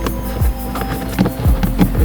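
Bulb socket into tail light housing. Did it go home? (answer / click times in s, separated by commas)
no / none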